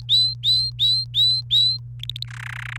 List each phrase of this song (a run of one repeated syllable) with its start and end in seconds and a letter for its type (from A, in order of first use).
0.00-1.78 A, 2.00-2.25 B, 2.28-2.77 C